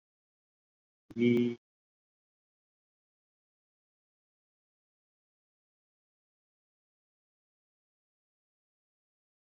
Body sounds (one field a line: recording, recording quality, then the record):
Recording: sustained vowel as in beet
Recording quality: excellent, no background noise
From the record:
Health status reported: COVID-19 positive, mild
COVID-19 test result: positive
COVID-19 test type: RT-PCR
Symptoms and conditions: cough, cold, fever, hypertension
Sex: male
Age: 65 years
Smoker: no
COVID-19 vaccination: both doses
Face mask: worn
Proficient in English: no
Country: India